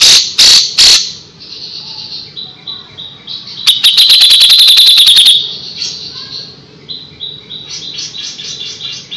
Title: MASTERAN CUCAK JENGGOT